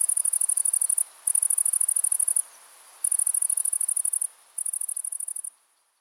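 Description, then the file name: Grasshopper stridulating: high, hissing pulsed bursts about a second long, four bursts separated by short pauses, the last one slightly fainter. "Gräshoppa"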